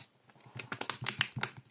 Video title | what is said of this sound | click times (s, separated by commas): Oukitel C19 déballage et prise en main avant TEST | Alors j'ai pas bien clipsé. | 0.6 s, 0.8 s, 0.9 s, 1.1 s, 1.2 s, 1.4 s